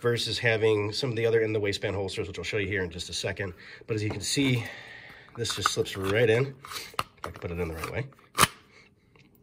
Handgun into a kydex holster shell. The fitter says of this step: you can hear that click there's a nice click and